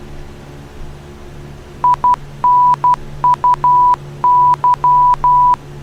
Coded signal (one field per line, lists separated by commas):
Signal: Morse code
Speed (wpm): 12 wpm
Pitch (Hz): 990 Hz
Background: none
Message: INUY